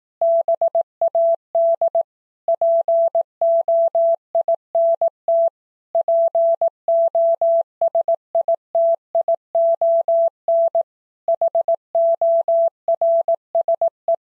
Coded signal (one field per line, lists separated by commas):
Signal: Morse code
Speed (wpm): 18 wpm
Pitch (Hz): 670 Hz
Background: none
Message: BAD POINT POSITION HORSE